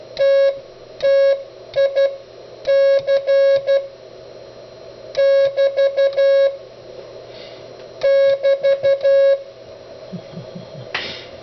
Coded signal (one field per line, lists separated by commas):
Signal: Morse code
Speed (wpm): 12 wpm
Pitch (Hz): 550 Hz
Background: music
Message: TTIC <BT> <BT>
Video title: "Autologging" with the Begali CW Machine